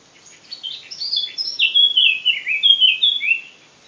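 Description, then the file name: Eurasian blackcap song starting with a soft, scratchy chatter, then swelling into louder, slurred whistled notes. "Sylvia atricapilla"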